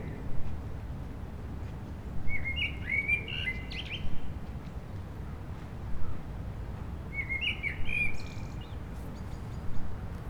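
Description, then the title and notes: Common blackbird song: two separate phrases of rich whistled notes with brief high twittering codas, spaced about five seconds apart, against a background of traffic hum. Several blackbirds singing after sunset on a mild winter day, eve of the winter solstice, on Rue Jacques Cartier, Aix-les-Bains, France, with urban traffic. "Rue Jacques Cartier, 73100 Aix-les-Bains, Auvergne-Rhône-Alpes, France - Merle du solstice. En cette douce journée les merles commencent à chanter après le coucher du soleil, passages d'avions, circulation urbaine demain c'est le solstice d'hiver"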